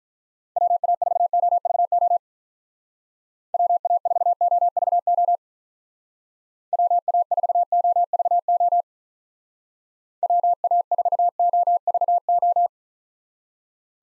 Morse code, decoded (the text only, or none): WA4OVO WA4OVO WA4OVO WA4OVO